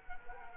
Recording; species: mosquito wingbeat signal from an infrared sensor; Culex quinquefasciatus